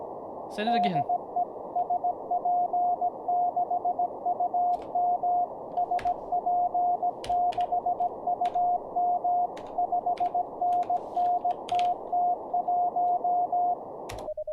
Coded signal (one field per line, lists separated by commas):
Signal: Morse code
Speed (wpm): 17 wpm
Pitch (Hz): 710 Hz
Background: speech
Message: DE SP6UM SP6UM 5NN TT1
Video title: How To Learn Morse Code LIVE with N0SSC (Day 26)